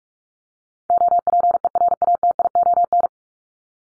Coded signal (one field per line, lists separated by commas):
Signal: Morse code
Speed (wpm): 44 wpm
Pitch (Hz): 700 Hz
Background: none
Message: OPERATION